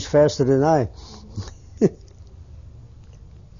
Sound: he laughs

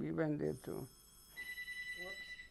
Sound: telephone ringing

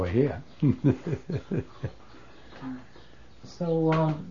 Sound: he laughs

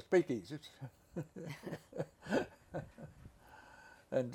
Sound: all laugh

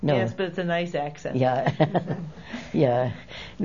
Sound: she laughs

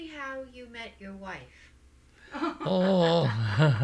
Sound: they laugh

